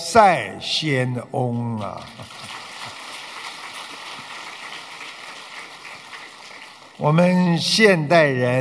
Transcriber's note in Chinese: 掌声